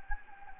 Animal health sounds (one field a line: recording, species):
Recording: mosquito wingbeat signal from an infrared sensor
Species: Anopheles gambiae